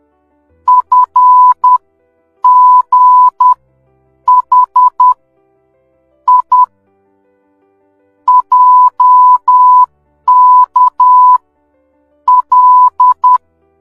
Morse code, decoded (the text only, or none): FGHIJKL